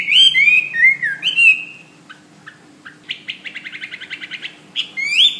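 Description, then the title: Bird song: loud whistled, slurred notes that rise and fall, then a quick run of evenly spaced trilled notes, ending on another rising whistle. "SuaraBurung Kicau"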